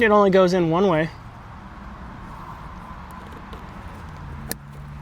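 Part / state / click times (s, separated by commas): sun visor wiring connector into the headliner harness plug / seated / 4.5 s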